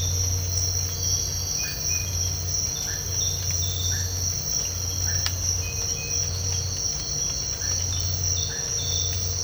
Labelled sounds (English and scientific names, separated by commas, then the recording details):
none
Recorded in dense forest near Puerto Asís, Putumayo, Colombia, on 19 March 2025 at 05:30
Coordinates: 0.468, -76.322
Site GP01